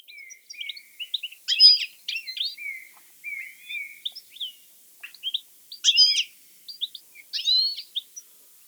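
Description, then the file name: European goldfinch giving thin sliding whistles mixed with quick liquid twitters and clustered tinkling notes, delivered in scattered bursts over a quiet background. "Carduelis carduelis"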